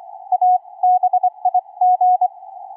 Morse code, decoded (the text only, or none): A BIG